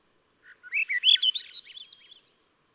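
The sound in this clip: Swainson's thrush delivering one upward-spiraling phrase of ethereal, reedy whistles, starting low and climbing quickly higher over about two seconds.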